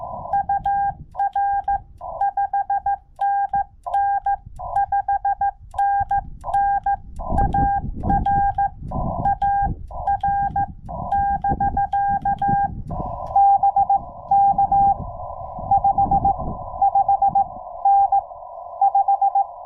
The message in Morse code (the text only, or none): UR 5NN 5NN AR AR <BK> BK 5 5 N 5